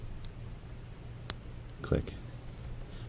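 A crimp tap connector is closed onto the red power wire, points facing upward, during NoWeeds wiring on a 2015 Challenger Scat Pack. A faint tick at 0.2 s comes before a sharp click at 1.3 s as the connector snaps shut and seats. Someone talks over low background noise.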